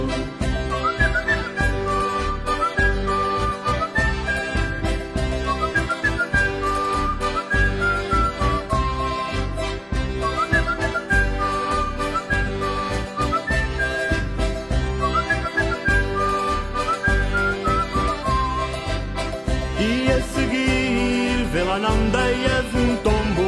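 People whistle a bright, lilting melody along with a loud, full-band song, the whistled tune weaving over a steady, driving beat for the whole stretch.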